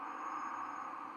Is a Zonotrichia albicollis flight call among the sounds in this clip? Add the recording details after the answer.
no. No flight call is heard. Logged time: 22:49 on 31 October 2014